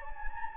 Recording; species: mosquito wingbeat signal from an infrared sensor; Anopheles gambiae